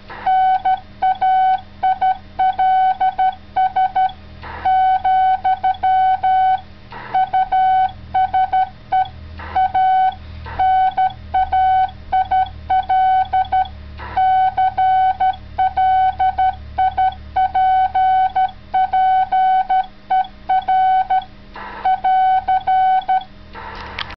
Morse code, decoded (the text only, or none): NAILS , USE A NAIL CLIPPER <AR>